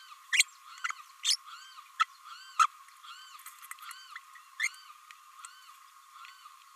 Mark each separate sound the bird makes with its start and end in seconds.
0.32-0.43, 1.23-1.36, 1.99-2.05, 2.59-2.67, 4.59-4.68